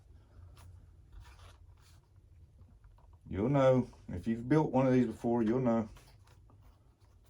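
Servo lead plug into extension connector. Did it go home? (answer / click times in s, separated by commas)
no / none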